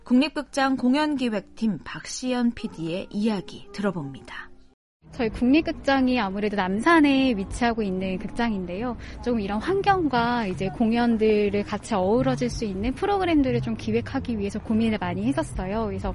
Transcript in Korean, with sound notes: 국립극장 공연기획팀 박시현 PD의 얘기 들어봅니다. [녹취: 국립극장 공연기획팀 pd] “우리 국립극장이 아무래도 남산에 있는 극장인데요. 이런 환경과 공연들이 같이 어우러질 수 있는 프로그램을 기획하기 위해 고민을 많이 했었어요.